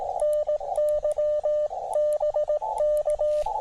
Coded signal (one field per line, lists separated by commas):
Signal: Morse code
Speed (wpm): 17 wpm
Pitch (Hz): 600 Hz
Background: radio noise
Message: NY BK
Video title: HIDE: POTA/SOTA at Sugar Hill State Forest